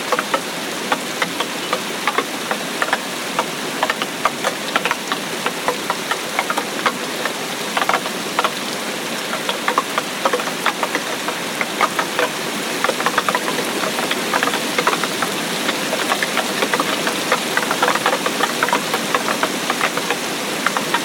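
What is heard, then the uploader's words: Steady, dense rain patters on bamboo throughout, a bright crackle of countless drops with frequent sharper taps and no lulls. Tropical Rain Storm. The soothing sound of rain falling on bamboo.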